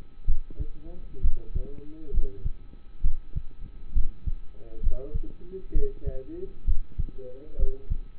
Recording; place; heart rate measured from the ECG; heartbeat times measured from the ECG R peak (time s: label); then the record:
heart sounds by stethoscope; between the tricuspid and mitral areas; 66 bpm
0.26 s: heartbeat
1.21 s: heartbeat
2.11 s: heartbeat
3.02 s: heartbeat
3.93 s: heartbeat
4.81 s: heartbeat
5.73 s: heartbeat
6.65 s: heartbeat
7.57 s: heartbeat
From the record:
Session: rest, lying down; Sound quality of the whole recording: partially saturated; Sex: male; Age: 27 years